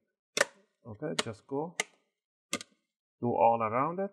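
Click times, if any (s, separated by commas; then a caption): 0.4 s. A guitar pick is slid 1–2 mm into the seam between the top and bottom plastic covers of a Lenovo Yoga 500 series laptop and twisted to release the bottom cover's plastic retaining clips. A sharp click is heard at 0.4 s as a clip pops open, followed by further brief ticks around 2.5 s while someone talks.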